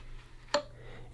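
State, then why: Seated. The plastic base of a Dyson Cool Tower Fan (AM07), aligned opposite the power lead, is turned clockwise onto the fan body, and a short sharp click at 0.5 s marks it locking into place. A second, louder low thump follows right at the end of the clip, and the base is confirmed seated back on.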